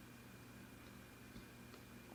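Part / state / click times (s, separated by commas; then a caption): screen digitizer cable connector into phone logic board socket / not seated / none. A screen digitizer ribbon-cable press connector is being handled over its socket on an iPhone 5s logic board during reassembly after a battery replacement, giving only a steady low hum with faint soft handling noises. Nothing has seated or clicked yet.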